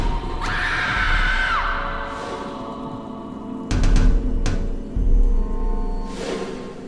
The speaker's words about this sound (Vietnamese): hét lên kinh hoàng, tiếng hét như xé toạc màn đêm,